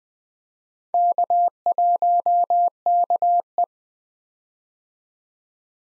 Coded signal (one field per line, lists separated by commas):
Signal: Morse code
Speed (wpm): 20 wpm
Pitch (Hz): 700 Hz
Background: none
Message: K1KE